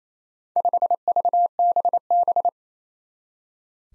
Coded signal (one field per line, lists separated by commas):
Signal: Morse code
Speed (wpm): 27 wpm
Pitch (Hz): 700 Hz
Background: none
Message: 5VBB